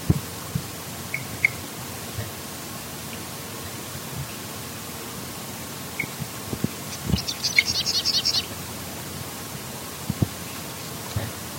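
Sedge wren song: a few sparse high chips, then a short dry, buzzy chattering trill lasting about a second, over a steady hiss of background noise.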